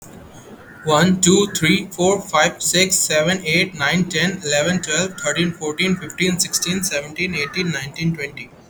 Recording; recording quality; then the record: counting at a fast pace; excellent, no background noise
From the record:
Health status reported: healthy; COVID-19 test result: negative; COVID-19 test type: RT-PCR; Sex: male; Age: 23 years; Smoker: no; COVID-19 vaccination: one dose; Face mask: not worn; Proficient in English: yes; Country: India